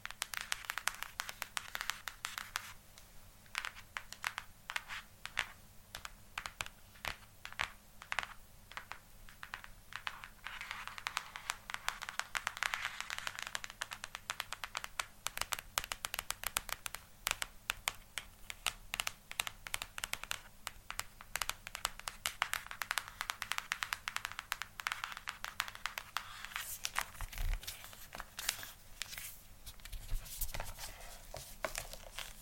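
Tapping plays throughout as a dense stream of quick, crisp clicks, with fingers striking a hard surface at a rapid, uneven pace. The taps are sharp and bright, and a few louder knocks land near 27 and 30 seconds over a faint, steady low hum.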